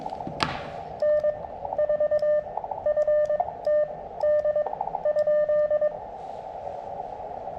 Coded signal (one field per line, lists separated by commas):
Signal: Morse code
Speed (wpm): 21 wpm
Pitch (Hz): 600 Hz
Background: none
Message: N4FTD?